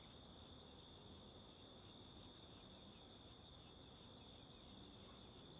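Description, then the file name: Crickets calling: rapid pulsed chirps repeated several times a second in a high band over a continuous trill, with low wind noise underneath. Several crickets at Mirante da Antena, Alto Paraíso, with wind. "Ambiencia no Mirante da Antena de Alto Paraiso com Varios Grilos e Vento"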